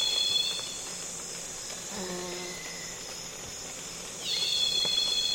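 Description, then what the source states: Cicada drone heard briefly at the start, a quieter stretch with other faint animal calls, then the shrill buzz sweeps back in loudly. Loud cicadas calling on a calm afternoon in Congo basin rainforest.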